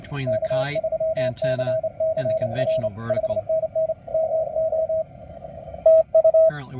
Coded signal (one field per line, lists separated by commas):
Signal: Morse code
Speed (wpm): 28 wpm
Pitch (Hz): 640 Hz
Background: speech, radio noise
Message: K3CCR 5NN MO TU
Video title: 160M Kite Antenna vs 160M Top Loaded Vertical at Lea Island